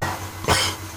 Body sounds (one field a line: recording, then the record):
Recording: coughing mixed with background sound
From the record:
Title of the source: Dry Coughing Fit in the Afternoon.